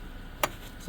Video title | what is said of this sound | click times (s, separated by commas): Chevrolet Traverse - HOW TO ENGAGE / DISENGAGE PARKING (EMERGENCY) BRAKE (2009 - 2017) | click and remove the foot and this light will go off. | 0.4 s